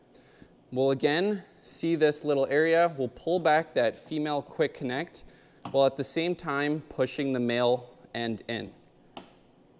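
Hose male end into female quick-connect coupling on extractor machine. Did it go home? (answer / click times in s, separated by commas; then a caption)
yes / 9.2 s. Someone talks while the male end of a solution hose is pushed into the female quick-connect coupling on an ESteam Ninja Extractor machine, with the coupling's collar pulled back. A sharp click at 9.2 s shows the hose has seated and is good to go.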